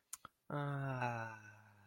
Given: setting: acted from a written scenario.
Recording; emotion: vocal sound without words; romantic love